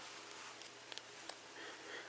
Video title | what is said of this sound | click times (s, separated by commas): WAP!06 Kamen Rider Wizard Hurricane Dragon Review | On mine, this one has a bit more of a click to it | 1.3 s